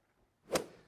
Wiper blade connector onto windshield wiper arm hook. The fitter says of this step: you hear it click you're set just move on to the other side alright